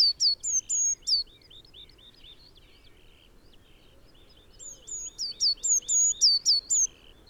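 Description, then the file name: Eurasian blue tit: two bursts of rapid, very high-pitched notes, level and falling, separated by about three seconds of near silence. "Cyanistes caeruleus"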